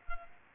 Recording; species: mosquito wingbeat signal from an infrared sensor; Culex quinquefasciatus